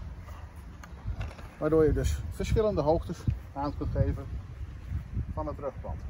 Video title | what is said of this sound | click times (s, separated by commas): STIHL AR L draagsysteem en STIHL AR accu - Productvideo | vervolgens hem zo en andere stand erin klikken | 0.8 s, 1.2 s